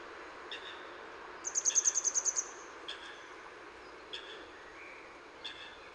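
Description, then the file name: Grey wagtail giving a rapid series of about nine thin, high, clipped notes, with faint scattered ticks and a soft hiss of background noise. Recorded in Utrecht. "Grote gele kwikstaart in Utrecht - Sound Cloud - luc de bruijn"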